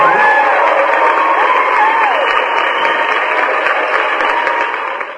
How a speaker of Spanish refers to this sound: Venga, pues, un aplauso